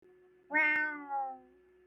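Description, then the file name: Cat meowing: one drawn-out two-part meow that swells and then fades, with a faint steady hum and a brief click in the background. "meow"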